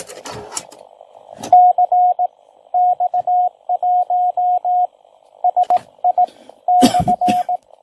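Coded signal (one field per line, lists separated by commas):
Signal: Morse code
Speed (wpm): 19 wpm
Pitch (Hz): 720 Hz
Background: radio noise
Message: CX1SI /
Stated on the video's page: Morse received and tested on a QRP 8-band HF SDR radio.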